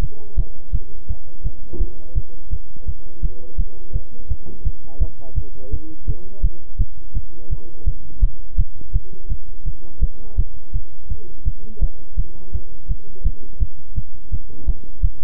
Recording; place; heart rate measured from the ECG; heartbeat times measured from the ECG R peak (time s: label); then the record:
heart sounds by stethoscope; between the tricuspid and mitral areas; 168 bpm
0.36 s: heartbeat
0.71 s: heartbeat
1.07 s: heartbeat
1.43 s: heartbeat
1.78 s: heartbeat
2.14 s: heartbeat
2.50 s: heartbeat
2.86 s: heartbeat
3.21 s: heartbeat
3.57 s: heartbeat
3.92 s: heartbeat
4.28 s: heartbeat
4.63 s: heartbeat
4.99 s: heartbeat
5.35 s: heartbeat
5.70 s: heartbeat
6.06 s: heartbeat
6.42 s: heartbeat
6.77 s: heartbeat
7.13 s: heartbeat
7.49 s: heartbeat
7.85 s: heartbeat
8.20 s: heartbeat
8.56 s: heartbeat
8.92 s: heartbeat
9.28 s: heartbeat
9.64 s: heartbeat
10.00 s: heartbeat
10.36 s: heartbeat
10.72 s: heartbeat
11.08 s: heartbeat
11.44 s: heartbeat
11.80 s: heartbeat
12.16 s: heartbeat
12.52 s: heartbeat
12.87 s: heartbeat
13.23 s: heartbeat
13.59 s: heartbeat
13.94 s: heartbeat
14.30 s: heartbeat
14.66 s: heartbeat
15.01 s: heartbeat
From the record:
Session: bicycle stress test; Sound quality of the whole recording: good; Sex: male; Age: 26 years